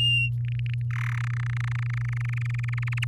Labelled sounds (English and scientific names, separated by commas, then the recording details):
Domestic Canary (Serinus canaria) song
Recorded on 11 May 2018 at 06:12
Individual llb16